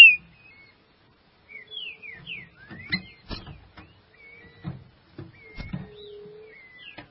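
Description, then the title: Green-winged saltator song: short clear whistled notes, some slurring down and others rising, spread loosely over seven seconds, with soft low knocks and taps between phrases. "Trinca Ferro"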